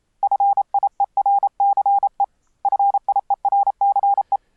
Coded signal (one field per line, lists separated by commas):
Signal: Morse code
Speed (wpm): 28 wpm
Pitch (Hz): 800 Hz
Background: none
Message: FIERCE FIERCE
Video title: Morse Code Software - overview of some great CW apps - 2014